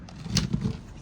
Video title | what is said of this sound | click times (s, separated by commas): Pegasus grande brindisi | just got to push this in until you hear a click, and that's correctly in. | 0.4 s